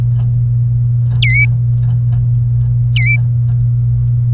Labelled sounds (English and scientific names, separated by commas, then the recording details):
Domestic Canary (Serinus canaria) song
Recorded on 26 April 2018 at 16:33
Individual llb3